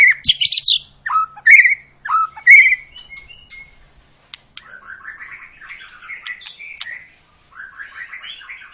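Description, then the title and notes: White-rumped shama song opens with loud ringing whistles and sharp clicks, then softens into quieter warbled twittering phrases. Long continuous lure song of a shama singing prolifically, meant to prompt other birds to sing. "Pancingan Murai Batu Gacor Panjang. muraiku"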